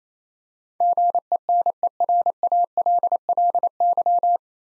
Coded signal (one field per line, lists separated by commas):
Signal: Morse code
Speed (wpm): 28 wpm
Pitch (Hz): 700 Hz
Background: none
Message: GENERALLY